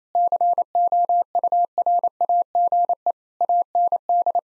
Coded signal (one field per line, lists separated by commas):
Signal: Morse code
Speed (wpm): 27 wpm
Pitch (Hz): 700 Hz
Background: none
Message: COURAGE AND